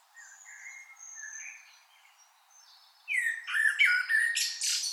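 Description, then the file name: Common blackbird song: soft, low fluted whistles for three seconds, then a sudden loud burst of squeaky, high twittering notes that runs to the end. "Turdus merula"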